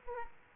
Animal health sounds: mosquito wingbeat signal from an infrared sensor; Aedes aegypti

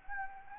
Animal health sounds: mosquito wingbeat signal from an infrared sensor; Anopheles gambiae

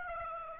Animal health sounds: mosquito wingbeat signal from an infrared sensor; Aedes aegypti

